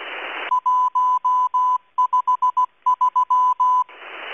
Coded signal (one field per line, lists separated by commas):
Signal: Morse code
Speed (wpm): 16 wpm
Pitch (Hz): 1000 Hz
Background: music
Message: 153